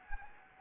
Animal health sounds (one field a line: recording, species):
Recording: mosquito wingbeat signal from an infrared sensor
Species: Anopheles gambiae